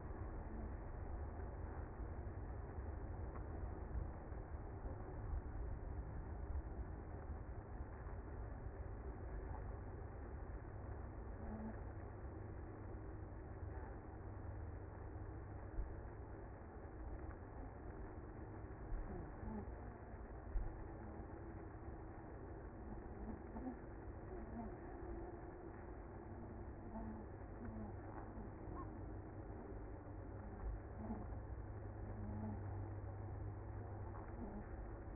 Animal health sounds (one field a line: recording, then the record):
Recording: honeybee colony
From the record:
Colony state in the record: active